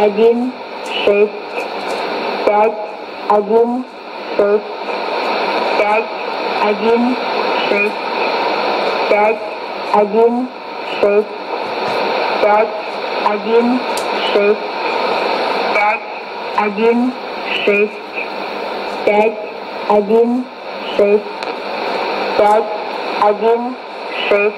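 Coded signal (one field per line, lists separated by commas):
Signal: numbers station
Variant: S06s Russian Lady, Russian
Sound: a voice reading short, evenly spaced words, like spoken digits, over steady radio hiss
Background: radio static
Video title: 24 11 2017 Numbers station S06s Russian Lady in Russian to Eu 0930 on 11780 unknown tx site in CUSB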